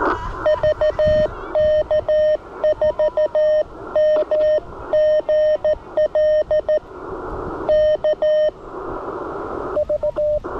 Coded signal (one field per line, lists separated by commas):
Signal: Morse code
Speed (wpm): 18 wpm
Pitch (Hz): 600 Hz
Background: radio noise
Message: VK4MGL K V